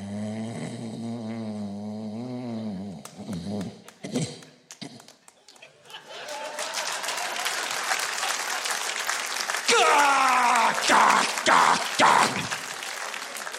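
Adult man imitating sleep apnea: a loud, low, voiced snore, then a silent pause in breathing, followed by audience applause. Sleep apnea like this is treated with a CPAP machine.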